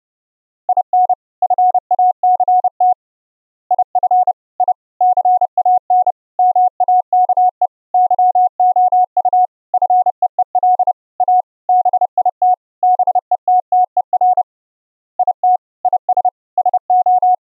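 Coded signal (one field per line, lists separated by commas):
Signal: Morse code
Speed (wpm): 29 wpm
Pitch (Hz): 730 Hz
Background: none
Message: IN FACT IF I CAN MAKE YOU FEEL A BIT BETTER IT IS SO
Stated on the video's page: Extreme narrow band CW keyed onto a 6 kHz VLF carrier at attowatt level by a Raspberry Pi 4 soundcard SDR transmitter, received on a laptop soundcard SDR over IP.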